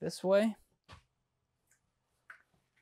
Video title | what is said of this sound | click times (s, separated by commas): 2024 Newmar Canyon Star Operational Overview. | and it automatically locks into place | 2.3 s